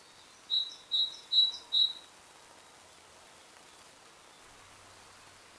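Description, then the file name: Great tit call: four clear, clipped high notes in quick even succession, then quiet hiss, with one more note starting at the very end. "Parus major"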